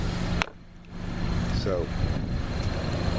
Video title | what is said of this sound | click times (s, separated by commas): 2016 Buick Cascada Longview- Exterior Design | and when you get gas be sure you click it make sure it clicks so you'll know it's good and tight | 0.4 s